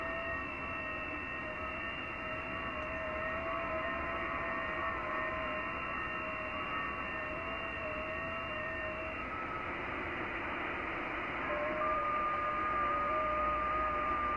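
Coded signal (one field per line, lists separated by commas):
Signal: FT8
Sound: several faint steady warbling tones buried in a band of radio hiss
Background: radio static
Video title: YI3HWR, IRAQ Middle East, 14MHz, FT8, Worked by HL2WA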